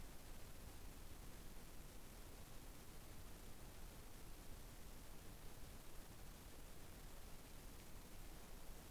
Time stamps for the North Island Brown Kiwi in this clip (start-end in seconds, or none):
none